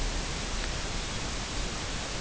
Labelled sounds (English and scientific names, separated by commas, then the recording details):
none
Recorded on Arctic tundra, site UTQI-5, on 21 June 2018
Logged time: 14:00